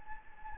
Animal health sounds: mosquito wingbeat signal from an infrared sensor; Anopheles gambiae

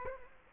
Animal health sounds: mosquito wingbeat signal from an infrared sensor; Culex quinquefasciatus

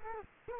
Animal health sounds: mosquito wingbeat signal from an infrared sensor; Culex quinquefasciatus

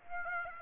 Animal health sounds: mosquito wingbeat signal from an infrared sensor; Aedes aegypti

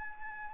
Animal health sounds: mosquito wingbeat signal from an infrared sensor; Anopheles arabiensis

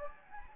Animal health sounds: mosquito wingbeat signal from an infrared sensor; Anopheles gambiae

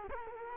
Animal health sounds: mosquito wingbeat signal from an infrared sensor; Culex quinquefasciatus

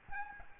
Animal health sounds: mosquito wingbeat signal from an infrared sensor; Aedes albopictus

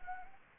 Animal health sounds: mosquito wingbeat signal from an infrared sensor; Anopheles gambiae

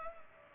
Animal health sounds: mosquito wingbeat signal from an infrared sensor; Culex pipiens

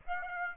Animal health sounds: mosquito wingbeat signal from an infrared sensor; Aedes aegypti

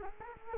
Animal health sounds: mosquito wingbeat signal from an infrared sensor; Culex quinquefasciatus

